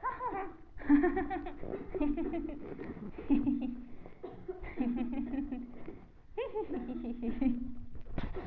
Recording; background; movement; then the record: laughter; a bystander coughing; sitting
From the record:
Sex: female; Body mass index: 22.6 kg/m2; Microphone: on the chest, facing the body